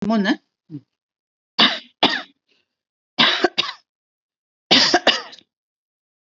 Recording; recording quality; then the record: heavy voluntary cough; excellent, no background noise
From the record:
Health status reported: healthy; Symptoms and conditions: hypertension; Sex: female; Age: 79 years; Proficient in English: yes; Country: India